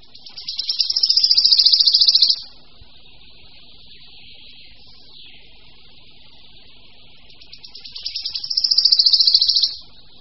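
Wood Warbler song: two high, dry shivering trills about seven seconds apart, each swelling in loudness and then cutting off abruptly.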